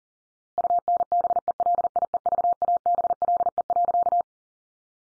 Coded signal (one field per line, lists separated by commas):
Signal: Morse code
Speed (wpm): 40 wpm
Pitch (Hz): 700 Hz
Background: none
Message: UNBELIEVABLE.